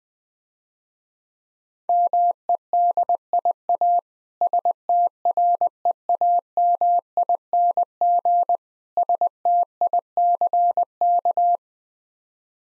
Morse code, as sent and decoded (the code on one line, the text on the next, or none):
-- . -.. .. .- / ... - .-. . .- -- .. -. --. / ... - .. -.-. -.-
MEDIA STREAMING STICK